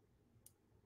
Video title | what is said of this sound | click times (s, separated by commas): Doing Stuff | it's such a quiet click I like a I like a loud click | 0.5 s